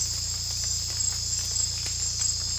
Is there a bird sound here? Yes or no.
no